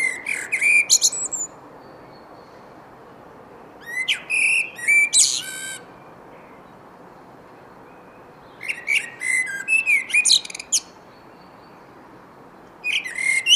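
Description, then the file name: Common blackbird giving four separate song bursts a few seconds apart, each mixing low fluted notes with rapid, high, squeaky twittering; quiet hiss between phrases. "Turdus merula"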